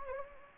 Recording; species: mosquito wingbeat signal from an infrared sensor; Anopheles gambiae